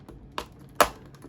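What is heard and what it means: A mini light bulb head is pushed into a hole in a plastic cup of a sparkle ball, with a sharp tap at 0.4 s and then a louder, crisp snap at 0.8 s as the head seats. Faint light ticks follow near the end.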